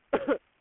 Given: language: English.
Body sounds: throat vibration sensor signal played as sound; cough

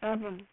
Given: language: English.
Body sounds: throat vibration sensor signal played as sound; speech

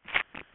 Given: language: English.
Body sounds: throat vibration sensor signal played as sound; swallow

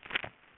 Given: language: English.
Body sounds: throat vibration sensor signal played as sound; swallow

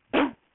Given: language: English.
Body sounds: throat vibration sensor signal played as sound; cough

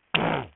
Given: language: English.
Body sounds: throat vibration sensor signal played as sound; throat clearing

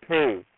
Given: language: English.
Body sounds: throat vibration sensor signal played as sound; speech

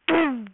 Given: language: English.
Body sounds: throat vibration sensor signal played as sound; throat clearing

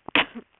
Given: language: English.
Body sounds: throat vibration sensor signal played as sound; cough

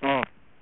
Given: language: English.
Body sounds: throat vibration sensor signal played as sound; speech

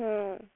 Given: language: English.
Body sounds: throat vibration sensor signal played as sound; speech

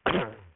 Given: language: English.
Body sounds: throat vibration sensor signal played as sound; cough

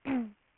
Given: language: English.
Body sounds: throat vibration sensor signal played as sound; throat clearing

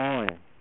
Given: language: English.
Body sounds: throat vibration sensor signal played as sound; speech

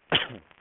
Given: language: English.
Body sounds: throat vibration sensor signal played as sound; cough

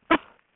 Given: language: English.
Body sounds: throat vibration sensor signal played as sound; cough

